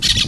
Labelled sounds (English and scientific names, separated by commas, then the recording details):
Brown-throated Parakeet (Eupsittula pertinax) contact call
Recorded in Venezuela
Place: Guárico; Corozopando; Fundo La Fe
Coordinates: 8.506, -67.593